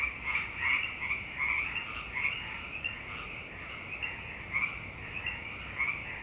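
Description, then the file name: A frog chorus of rapid, raspy pulsed croaks, the louder bursts rising above a continuous background of many more callers. "frogpocalypse"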